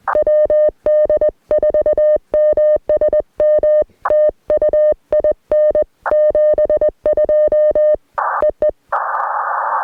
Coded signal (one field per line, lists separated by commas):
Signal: Morse code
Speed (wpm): 20 wpm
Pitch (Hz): 610 Hz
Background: music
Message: WD4MSM TU IN 72 EE